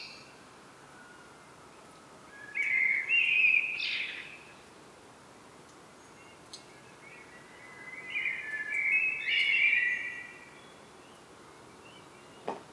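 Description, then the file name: Common blackbird delivering two mellow, fluty song phrases several seconds apart, each rounded off with a sharper high twitter; quiet background between. "Turdus merula"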